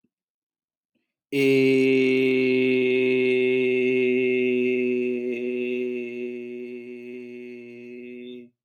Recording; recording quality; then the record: sustained vowel as in made; excellent, no background noise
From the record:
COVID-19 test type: RT-PCR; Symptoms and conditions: cough, cold, breathing difficulty, sore throat, loss of smell and taste, asthma, hypertension, diabetes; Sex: male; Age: 23 years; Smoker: no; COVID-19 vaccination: both doses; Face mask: not worn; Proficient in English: yes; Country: India